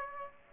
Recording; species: mosquito wingbeat signal from an infrared sensor; Aedes aegypti